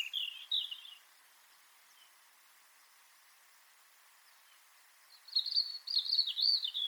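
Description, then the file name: European robin: a short high warble, a quiet gap, then a longer run of high, rippling, wavering notes. "Erithacus rubecula"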